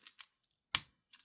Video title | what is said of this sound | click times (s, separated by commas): 迷失节点C-10通天晓 Takara Tomy Transformers Missing Link C-10 Ultra Magnus | 上面有个凹给他卡进去这边也是卡上 | 0.8 s